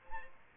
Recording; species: mosquito wingbeat signal from an infrared sensor; Aedes aegypti